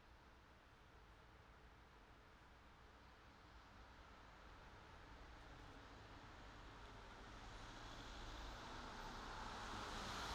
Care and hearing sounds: everyday scene through a hearing-aid microphone; in traffic; traffic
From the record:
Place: city secondary road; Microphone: in the ear canal, right

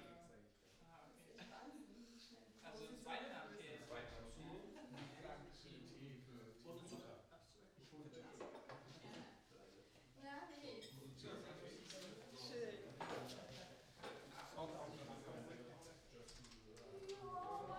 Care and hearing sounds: everyday scene through a hearing-aid microphone; many people talking; many voices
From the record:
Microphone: in the ear canal, right

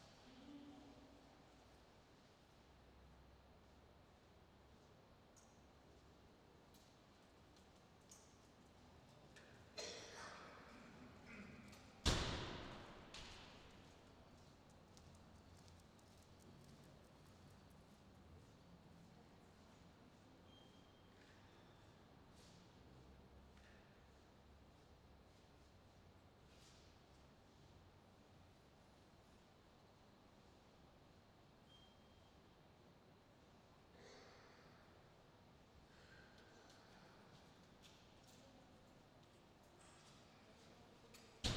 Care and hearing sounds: everyday scene through a hearing-aid microphone; reverberant space; background noise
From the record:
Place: railway station hall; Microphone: in the ear canal, left

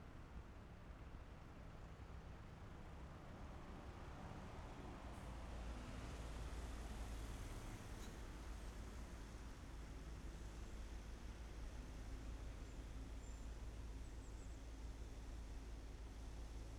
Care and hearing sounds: everyday scene through a hearing-aid microphone; in traffic; traffic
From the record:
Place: main city hub, rush hour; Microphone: behind the ear, left, front

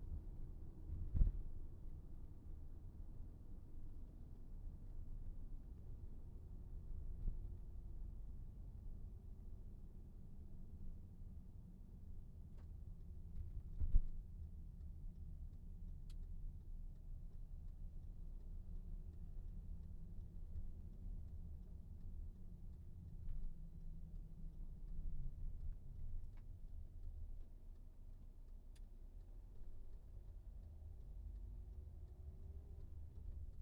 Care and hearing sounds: everyday scene through a hearing-aid microphone; in a vehicle; engine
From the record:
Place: VW T5 Caravelle, diesel engine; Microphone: behind the ear, right, rear

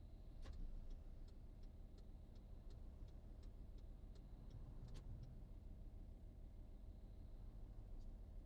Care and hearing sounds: everyday scene through a hearing-aid microphone; in a vehicle; engine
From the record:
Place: VW T5 Caravelle, diesel engine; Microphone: in the ear canal, right

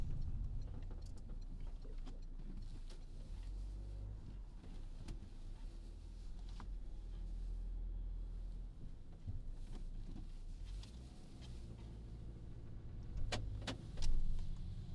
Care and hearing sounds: everyday scene through a hearing-aid microphone; in a vehicle; engine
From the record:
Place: Berlingo II, diesel engine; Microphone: in the ear canal, left

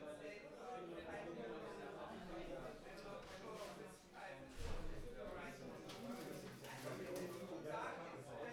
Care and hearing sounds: everyday scene through a hearing-aid microphone; many people talking; many voices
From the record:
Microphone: behind the ear, right, rear

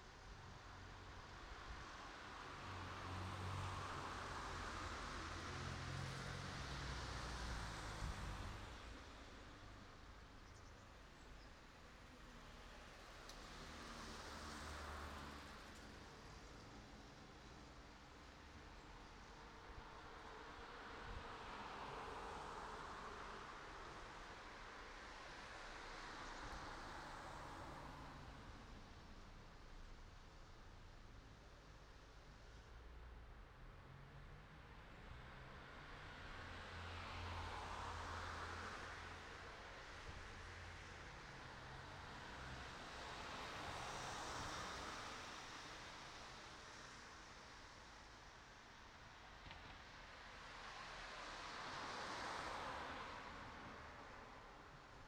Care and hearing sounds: everyday scene through a hearing-aid microphone; in traffic; traffic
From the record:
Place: city secondary road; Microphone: in the ear canal, right

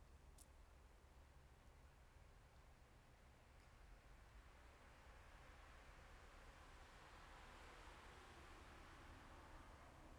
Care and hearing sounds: everyday scene through a hearing-aid microphone; in traffic; traffic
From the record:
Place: bus stop on a city main road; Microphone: behind the ear, left, rear

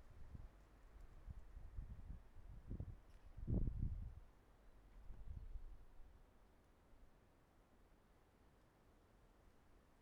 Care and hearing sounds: everyday scene through a hearing-aid microphone; wind on the microphone; wind, traffic, birds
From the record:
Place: suburban garden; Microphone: behind the ear, right, front

